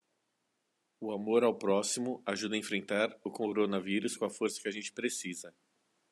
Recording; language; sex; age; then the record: spoken sentence; Brazilian Portuguese; male; 40 to 49 years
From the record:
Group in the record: control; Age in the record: 46 years